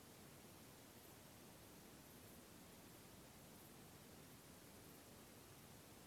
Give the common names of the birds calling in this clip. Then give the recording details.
none. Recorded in France